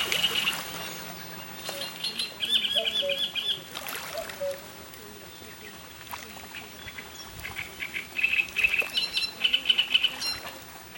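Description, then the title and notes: Great reed warbler with a grating, rhythmic song of repeated chattering notes in several bursts. Singing at Lake Garda, Verona, Italy. "Cannareccione sul Lago di Garda - Great Reed Warbler singing at Lake Garda (Verona Italy)"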